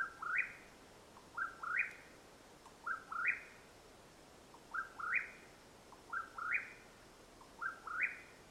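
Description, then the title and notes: Mexican whip-poor-will repeating its rising three-step whistle about six times, mostly near every 1.4 seconds with one longer gap, each phrase opened by a short faint note. Call at nightfall in Madera Canyon, Arizona, 21 April 2022. "The call of the Mexican Whip-poor-will at nightfall in Madera Canyon, AZ. Recorded April, 21 2022."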